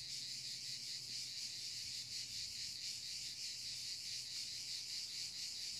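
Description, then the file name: Crickets in a dense, continuous high-pitched shimmering chorus with a faint pulsing texture, steady throughout, over a low constant hum. Recorded in the mountains. "Cricket Sounds From Mountains"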